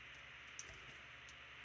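A plastic accessory piece is worked into its socket on a 1:12 scale Mezco One:12 Collective G.I. Joe Firefly action figure after a failed try in the wrong orientation. Against a steady background hiss, it seats with a single sharp click at 0.6 s, and the piece pops into place.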